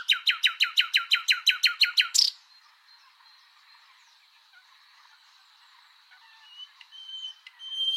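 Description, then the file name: Common nightingale song, a rhythmic run of about a dozen loud repeated notes ending in a sharp burst, then after a pause a few quieter notes. "Luscinia megarhynchos"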